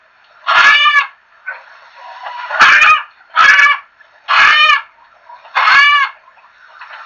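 Chickens giving loud nasal squawks, five main bursts spaced roughly a second apart, with softer clucks in the gaps.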